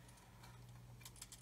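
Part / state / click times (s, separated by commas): plastic kit part onto scale model hull / not seated / none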